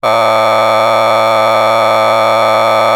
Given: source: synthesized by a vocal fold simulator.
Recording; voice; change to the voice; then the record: sustained vowel; male; a random mix of aspiration noise, stiffness perturbation and strain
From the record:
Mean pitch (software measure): 110 Hz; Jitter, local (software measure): 2.84%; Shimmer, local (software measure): 3.2%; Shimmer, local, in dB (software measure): 0.31 dB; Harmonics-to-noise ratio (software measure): 7.3 dB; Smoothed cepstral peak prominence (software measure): 13.6 dB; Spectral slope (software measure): -12.9 dB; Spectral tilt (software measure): -9.9 dB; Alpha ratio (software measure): -3.3 dB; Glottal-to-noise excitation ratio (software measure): 0.980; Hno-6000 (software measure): 1.8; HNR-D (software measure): 20.6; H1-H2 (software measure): 0.7 dB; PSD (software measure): 2.3e-04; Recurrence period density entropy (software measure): 0.127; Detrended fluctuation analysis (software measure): 0.0311